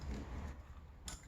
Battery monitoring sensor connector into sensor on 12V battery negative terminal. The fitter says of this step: and plug in our BMS clip. Make sure you hear it click back in.